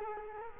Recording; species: mosquito wingbeat signal from an infrared sensor; Culex quinquefasciatus